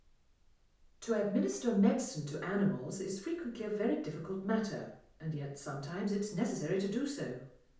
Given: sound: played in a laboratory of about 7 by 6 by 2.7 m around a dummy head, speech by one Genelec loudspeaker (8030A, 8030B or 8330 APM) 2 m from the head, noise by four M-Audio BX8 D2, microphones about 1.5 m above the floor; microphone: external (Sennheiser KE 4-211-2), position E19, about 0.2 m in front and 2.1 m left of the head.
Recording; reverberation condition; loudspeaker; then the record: female speech in English; medium; 90 degrees to the right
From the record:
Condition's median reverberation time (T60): about 510 ms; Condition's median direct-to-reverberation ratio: about -0.5 dB